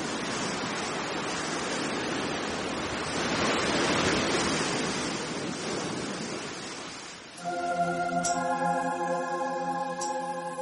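A loud, steady roar of rough sea waves churning and crashing as a storm hits an island, the waves rising into columns that smash together in the air, for about seven seconds, then a sustained, droning musical tone swells in over the lingering surf.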